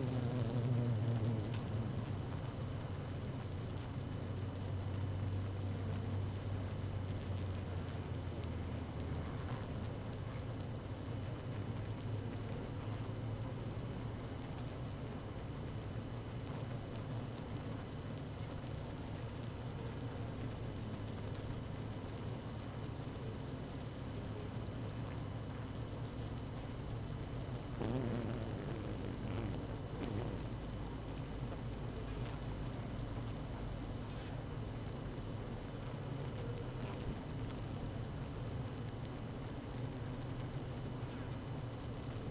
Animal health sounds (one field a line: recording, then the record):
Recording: honeybee colony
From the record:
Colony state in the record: active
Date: 12 June 2018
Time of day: 17:04